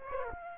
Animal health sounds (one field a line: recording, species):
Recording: mosquito wingbeat signal from an infrared sensor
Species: Aedes aegypti